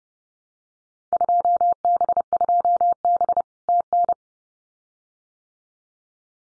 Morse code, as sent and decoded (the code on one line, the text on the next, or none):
..--- -... ..--- -... / - -.
2B2B TN